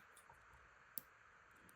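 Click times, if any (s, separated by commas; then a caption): 1.0 s. A sliding button lock on a rugged plastic Spigen Lock Fit protective case for an Apple Watch Ultra is pushed down to cover and block the watch's side action button. It gives one sharp, short click at 0.98 s, followed by a faint tick near 1.7 s. The slider seats in the locked position, so the button can no longer be pressed.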